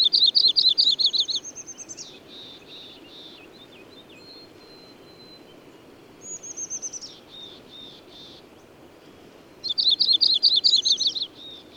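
Bird singing a quick, buzzy trill of chirps, then softer downslurred whistles and short notes, before the bright trill returns near the end.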